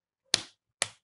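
Plastic retaining clips on the screen bezel of a Gateway NV53 laptop display lid are pried loose as the plastic screen frame is worked away from the lid. Two sharp snaps ring out at 0.3 s and 0.8 s, each fading quickly into silence. Both clips pop free, releasing that section of the bezel.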